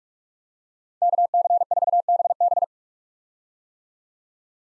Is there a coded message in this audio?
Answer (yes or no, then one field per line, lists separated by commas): yes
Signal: Morse code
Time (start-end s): 1.0-2.6 s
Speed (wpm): 47 wpm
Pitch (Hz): 700 Hz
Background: none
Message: KC4BB